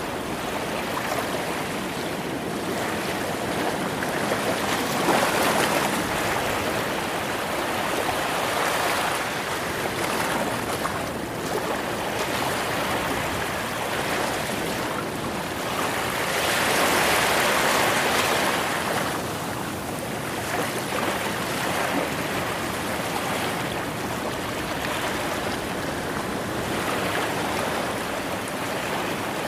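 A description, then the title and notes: Ocean waves wash in a dense, steady hiss, swelling gently around five seconds and again near seventeen seconds, close and bright. Secret Beach Ocean Waves White Noise.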